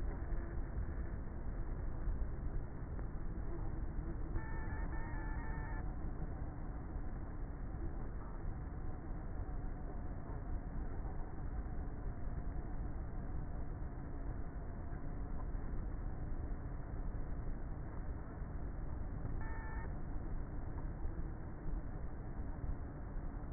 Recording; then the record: honeybee colony, microphone inside the hive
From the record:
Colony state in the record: queenless with a low population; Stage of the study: before two queens were removed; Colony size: about 30,000 bees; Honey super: no